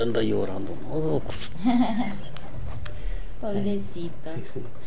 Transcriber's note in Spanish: risas